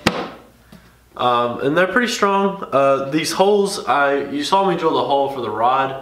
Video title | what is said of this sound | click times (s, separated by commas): Kitchen box for truck camper -- Chuck Box | catch the magnet um but yeah you can hear these catch | 0.1 s